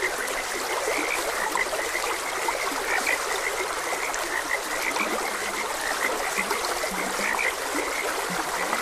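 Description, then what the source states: Frogs croaking in a chorus, short bright notes repeating quickly while lower croaks come and go, over a steady rush of flowing water. Frogs croaking beside a gentle stream.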